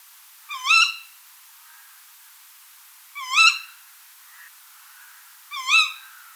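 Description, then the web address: Tawny owl calling: three shrill, upward-sweeping kewick notes repeated roughly every two and a half seconds, with faint softer notes in between. "strix aluco call"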